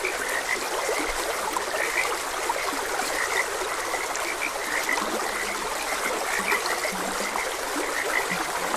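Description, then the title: Chorus of frogs giving brief repeated croaks, plus a few deeper drawn-out notes, all under a continuous hiss of flowing water. Frogs croaking beside a gentle stream. "Gentle Stream and Frogs Croaking"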